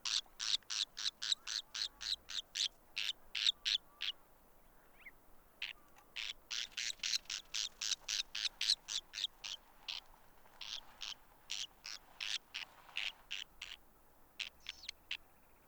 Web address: White bellied cinclodes. صدای-پرنده-آب-جوی-شکم-سفید